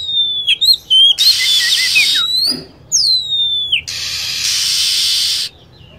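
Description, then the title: Lovebird calls: shrill descending whistles and short chirps, broken by two long blocks of steady hiss. Used as a lure sound for attracting birds. "PIKAT BURUNG LOVEBIRD"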